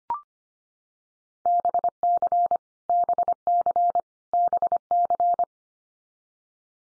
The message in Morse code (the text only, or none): BC BC BC